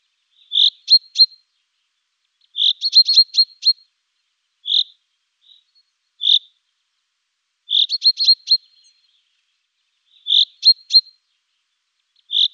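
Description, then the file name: Common chaffinch: short clusters of sharp high chirps, with single clipped notes between, recurring every couple of seconds. "Buchfink Fringilla coelebs"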